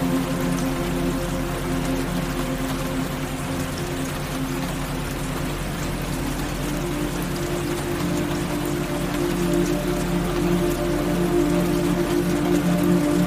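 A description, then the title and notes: Steady rain patters densely over the whole clip, its fine crackle filling the upper range without pause. Beneath it sit several sustained low tones, layered and unchanging, forming a constant hum. The level stays even, swelling slightly toward the end. Rain Sounds & Alpha/Gamma Frequencies.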